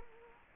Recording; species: mosquito wingbeat signal from an infrared sensor; Culex quinquefasciatus